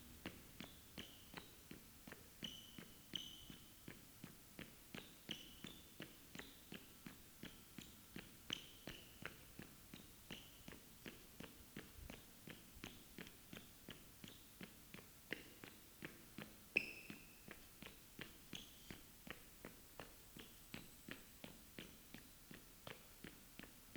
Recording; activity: daily activity, guitar pickup as the sensor; run